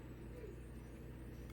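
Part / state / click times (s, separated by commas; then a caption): battery plug into RC car speed controller lead / not seated / none. An RC battery plug is held against the RC car's speed controller lead connector, lined up but not pushed in, while preparing to bind the receiver. A steady low hum fills the clip, with a brief faint sound at 1.5 s. Nothing has seated or clicked yet; the plug is plugged in later.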